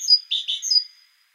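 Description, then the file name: Great tit call fragment: a high whistle, then two buzzy notes and another thin whistle, fading out into silence. "Parus major"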